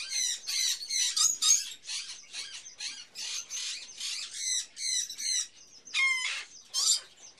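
Hatchling bird chirping: a steady run of rasping, buzzy notes, with one clearer laddered squeal near the end.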